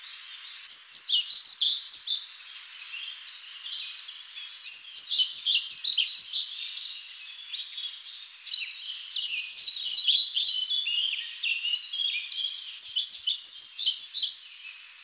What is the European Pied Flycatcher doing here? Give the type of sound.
song